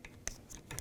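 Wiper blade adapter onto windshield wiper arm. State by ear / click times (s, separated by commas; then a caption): not seated / none. A new windshield wiper blade for a 2001–2007 Volvo V70 is being reattached, its plastic adapter tab with a notch guided toward the hole in the metal wiper arm. Brief handling sounds are heard: a sharp tick at about 0.3 s and a scrape-like rustle near 0.7–0.8 s. Nothing has seated or clicked yet.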